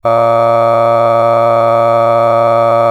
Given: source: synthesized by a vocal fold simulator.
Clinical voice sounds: sustained vowel; male; a random mix of aspiration noise, stiffness perturbation and strain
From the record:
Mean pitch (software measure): 115 Hz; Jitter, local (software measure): 1.44%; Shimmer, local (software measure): 6.0%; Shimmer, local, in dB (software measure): 0.51 dB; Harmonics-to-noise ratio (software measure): 15.6 dB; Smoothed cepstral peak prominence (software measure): 18.3 dB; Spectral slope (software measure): -17.1 dB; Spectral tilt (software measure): -11.3 dB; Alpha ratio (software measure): -7.5 dB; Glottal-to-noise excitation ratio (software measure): 0.984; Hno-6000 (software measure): 2.3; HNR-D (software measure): 21.9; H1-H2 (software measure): 4.9 dB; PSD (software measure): 1.0e-04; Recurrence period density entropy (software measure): 0.105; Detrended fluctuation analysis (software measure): 0.0549

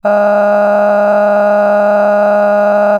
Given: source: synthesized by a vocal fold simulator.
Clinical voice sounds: sustained vowel; female; cycle-to-cycle stiffness perturbation (roughness), level 6 of 10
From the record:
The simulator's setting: 3.88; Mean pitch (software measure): 206 Hz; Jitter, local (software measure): 1.90%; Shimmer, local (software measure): 14.1%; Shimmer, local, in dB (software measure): 1.25 dB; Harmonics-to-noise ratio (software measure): 14.2 dB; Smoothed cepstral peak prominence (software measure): 15.6 dB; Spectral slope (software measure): -21.8 dB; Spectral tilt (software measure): -11.5 dB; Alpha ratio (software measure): -12.3 dB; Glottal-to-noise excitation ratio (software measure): 0.955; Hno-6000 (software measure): 2.4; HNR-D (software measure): 29.3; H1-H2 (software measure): -1.7 dB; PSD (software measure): 7.8e-05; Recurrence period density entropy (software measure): 0.119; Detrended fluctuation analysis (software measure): 0.0282

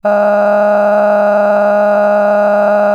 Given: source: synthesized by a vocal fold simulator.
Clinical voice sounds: sustained vowel; female; cycle-to-cycle stiffness perturbation (roughness), level 7 of 10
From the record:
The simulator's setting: 4.56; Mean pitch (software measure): 206 Hz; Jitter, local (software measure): 2.07%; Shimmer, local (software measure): 15.0%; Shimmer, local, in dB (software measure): 1.32 dB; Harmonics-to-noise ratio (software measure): 13.4 dB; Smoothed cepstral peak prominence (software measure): 15.0 dB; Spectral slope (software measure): -21.9 dB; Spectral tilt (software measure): -11.6 dB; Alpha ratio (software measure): -12.3 dB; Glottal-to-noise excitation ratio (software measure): 0.952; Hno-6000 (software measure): 2.5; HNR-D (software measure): 30.2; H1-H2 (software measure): 2.9 dB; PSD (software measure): 8.7e-05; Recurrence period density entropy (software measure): 0.118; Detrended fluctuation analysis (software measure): 0.0281

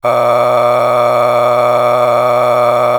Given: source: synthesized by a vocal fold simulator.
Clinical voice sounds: sustained vowel; male; a random mix of aspiration noise, stiffness perturbation and strain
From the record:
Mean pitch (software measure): 108 Hz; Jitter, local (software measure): 3.03%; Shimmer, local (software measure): 10.6%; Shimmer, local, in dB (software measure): 0.88 dB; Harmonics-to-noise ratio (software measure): 8.8 dB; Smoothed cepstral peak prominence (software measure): 12.5 dB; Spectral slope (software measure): -15.2 dB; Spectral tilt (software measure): -10.1 dB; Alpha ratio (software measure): -5.7 dB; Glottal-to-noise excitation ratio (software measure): 0.912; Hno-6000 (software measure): 1.9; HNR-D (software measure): 22.9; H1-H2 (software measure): 2.5 dB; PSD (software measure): 2.1e-04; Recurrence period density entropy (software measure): 0.122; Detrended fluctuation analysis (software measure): 0.0351

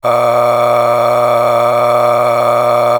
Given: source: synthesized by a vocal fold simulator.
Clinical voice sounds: sustained vowel; male; a random mix of aspiration noise, stiffness perturbation and strain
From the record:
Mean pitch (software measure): 120 Hz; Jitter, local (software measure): 2.59%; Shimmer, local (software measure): 12.9%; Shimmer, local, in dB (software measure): 1.14 dB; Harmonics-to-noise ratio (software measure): 8.4 dB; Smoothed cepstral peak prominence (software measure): 11.3 dB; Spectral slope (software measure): -15.5 dB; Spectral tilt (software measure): -9.3 dB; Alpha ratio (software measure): -5.9 dB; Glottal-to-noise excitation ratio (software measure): 0.846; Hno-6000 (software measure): 1.9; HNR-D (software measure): 23.4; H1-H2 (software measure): 3.7 dB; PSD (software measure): 1.8e-04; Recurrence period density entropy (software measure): 0.127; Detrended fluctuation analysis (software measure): 0.0378

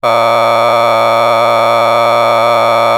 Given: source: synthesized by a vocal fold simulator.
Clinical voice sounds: sustained vowel; male; a random mix of aspiration noise, stiffness perturbation and strain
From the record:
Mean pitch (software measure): 116 Hz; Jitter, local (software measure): 2.66%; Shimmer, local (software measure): 5.1%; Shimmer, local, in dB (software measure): 0.39 dB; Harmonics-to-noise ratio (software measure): 8.6 dB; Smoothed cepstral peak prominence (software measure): 16.1 dB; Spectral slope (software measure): -12.9 dB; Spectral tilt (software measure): -10.2 dB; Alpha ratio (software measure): -3.3 dB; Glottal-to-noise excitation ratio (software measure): 0.988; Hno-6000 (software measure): 1.9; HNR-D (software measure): 21.5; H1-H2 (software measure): 1.2 dB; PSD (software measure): 2.1e-04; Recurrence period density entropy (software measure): 0.126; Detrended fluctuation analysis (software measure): 0.0317

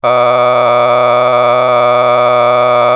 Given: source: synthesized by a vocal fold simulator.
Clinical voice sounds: sustained vowel; male; a random mix of aspiration noise, stiffness perturbation and strain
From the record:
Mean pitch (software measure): 123 Hz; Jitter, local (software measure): 1.89%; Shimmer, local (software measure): 7.0%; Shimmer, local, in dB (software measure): 0.63 dB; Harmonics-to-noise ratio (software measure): 11.9 dB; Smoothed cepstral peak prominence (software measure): 17.7 dB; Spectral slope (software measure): -13.6 dB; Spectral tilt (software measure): -10.2 dB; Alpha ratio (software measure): -4.0 dB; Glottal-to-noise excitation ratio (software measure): 0.984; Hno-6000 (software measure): 2.0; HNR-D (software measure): 25.1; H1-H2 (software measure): 1.2 dB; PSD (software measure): 1.7e-04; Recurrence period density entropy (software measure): 0.117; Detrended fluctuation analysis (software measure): 0.0296

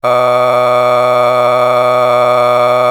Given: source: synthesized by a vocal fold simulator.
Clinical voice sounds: sustained vowel; male; a random mix of aspiration noise, stiffness perturbation and strain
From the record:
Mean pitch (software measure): 123 Hz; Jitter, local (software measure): 1.25%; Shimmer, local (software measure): 7.4%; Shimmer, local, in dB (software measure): 0.66 dB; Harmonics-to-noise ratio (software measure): 13.9 dB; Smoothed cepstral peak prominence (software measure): 17.4 dB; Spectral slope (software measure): -14.1 dB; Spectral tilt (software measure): -9.8 dB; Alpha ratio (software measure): -4.5 dB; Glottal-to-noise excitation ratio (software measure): 0.956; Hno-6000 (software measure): 2.0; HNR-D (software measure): 27.8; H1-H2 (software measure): 1.2 dB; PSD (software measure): 1.1e-04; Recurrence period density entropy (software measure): 0.117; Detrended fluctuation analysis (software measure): 0.0309

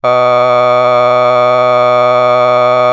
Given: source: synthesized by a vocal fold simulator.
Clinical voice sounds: sustained vowel; male; a random mix of aspiration noise, stiffness perturbation and strain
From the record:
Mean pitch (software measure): 124 Hz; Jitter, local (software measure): 0.72%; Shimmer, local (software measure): 3.8%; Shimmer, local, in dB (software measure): 0.33 dB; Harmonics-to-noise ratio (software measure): 20.1 dB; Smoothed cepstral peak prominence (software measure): 21.4 dB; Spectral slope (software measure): -14.2 dB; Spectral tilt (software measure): -9.5 dB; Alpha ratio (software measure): -4.6 dB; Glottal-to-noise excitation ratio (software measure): 0.994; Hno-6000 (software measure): 2.0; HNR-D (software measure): 31.1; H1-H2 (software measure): 1.2 dB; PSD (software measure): 8.3e-05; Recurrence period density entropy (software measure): 0.112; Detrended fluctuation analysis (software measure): 0.0306

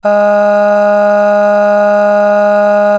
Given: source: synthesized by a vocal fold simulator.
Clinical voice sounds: sustained vowel; female; aspiration noise (breathiness), level 6 of 10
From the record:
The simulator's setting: 1.12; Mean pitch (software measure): 206 Hz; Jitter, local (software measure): 0.43%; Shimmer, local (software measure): 4.8%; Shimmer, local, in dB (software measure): 0.42 dB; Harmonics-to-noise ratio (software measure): 21.9 dB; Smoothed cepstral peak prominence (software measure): 15.0 dB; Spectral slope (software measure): -21.7 dB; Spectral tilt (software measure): -7.7 dB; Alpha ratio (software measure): -12.2 dB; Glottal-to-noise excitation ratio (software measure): 0.917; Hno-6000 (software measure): 2.1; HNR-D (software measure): 38.6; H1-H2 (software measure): 8.4 dB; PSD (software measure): 1.6e-05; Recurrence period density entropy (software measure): 0.116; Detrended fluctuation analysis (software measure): 0.0274

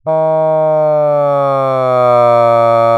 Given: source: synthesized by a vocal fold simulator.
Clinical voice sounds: sustained vowel; male; asymmetry, level 15 of 51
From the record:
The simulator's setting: 2.40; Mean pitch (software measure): 137 Hz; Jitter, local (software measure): 0.18%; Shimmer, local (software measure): 1.1%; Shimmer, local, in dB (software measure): 0.11 dB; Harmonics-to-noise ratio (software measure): 34.8 dB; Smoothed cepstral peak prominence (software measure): 24.6 dB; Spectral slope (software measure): -19.0 dB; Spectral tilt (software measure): -12.6 dB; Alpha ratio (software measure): -9.4 dB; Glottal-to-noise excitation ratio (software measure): 0.970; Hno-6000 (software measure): 2.5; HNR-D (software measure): 31.1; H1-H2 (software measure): 4.9 dB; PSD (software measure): 8.7e-04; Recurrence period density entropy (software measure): 0.111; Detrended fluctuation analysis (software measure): 0.0466

